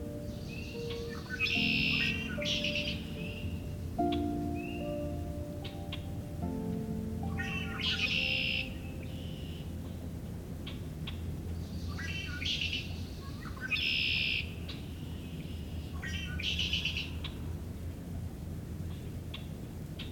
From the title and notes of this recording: Today we visit Cootes Paradise in mid-March, and hear Red-winged Blackbirds, in addition to a number of other species. Recorded, engineered, narrated and created by ….